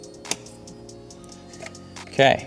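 The middle tab of a harness connector on a BMW engine control module (DME, as used with B46, B48, B58, S58, N63 and S63 engines) is pressed and its locking lever rocked down until it clicks open at 0.3 s, freeing the plug from the module. A few faint ticks follow, and near the end someone talks.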